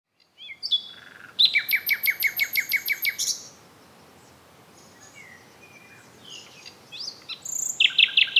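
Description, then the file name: Common nightingale song, with brief whistles and a rapid rattling train of loud chipping notes, a quieter varied interlude, then a bright piercing phrase to close. "Luscinia megarhynchos"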